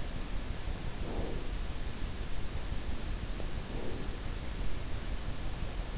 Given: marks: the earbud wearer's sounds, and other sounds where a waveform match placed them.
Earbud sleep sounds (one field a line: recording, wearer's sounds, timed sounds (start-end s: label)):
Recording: sounds in sleep by an in-ear microphone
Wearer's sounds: breath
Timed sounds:
1.05-1.44 s: breath
3.67-4.12 s: breath